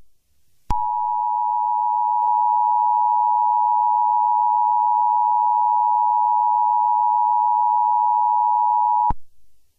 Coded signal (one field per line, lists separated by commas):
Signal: Emergency Alert System (SAME) tones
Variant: 853 and 960 Hz attention tone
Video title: EAS scenario 5: Herobrine 2: We are under attack